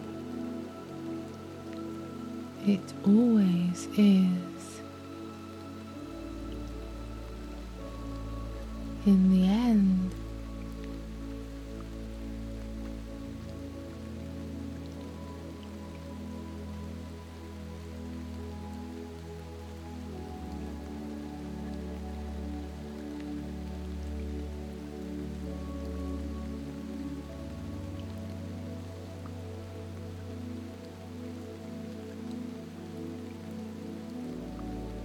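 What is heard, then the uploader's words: Steady soft rain hiss runs under quiet sustained music tones, with two brief louder wavering notes rising out at about three and nine seconds. The calm soothing white noise from the rain and soft music.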